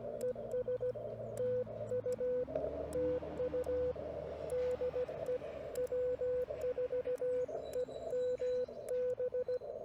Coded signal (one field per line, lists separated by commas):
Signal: Morse code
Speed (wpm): 16 wpm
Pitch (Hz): 500 Hz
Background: radio noise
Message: ES TU TU DE W4EMB